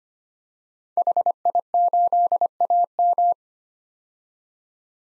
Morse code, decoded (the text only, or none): HI8AM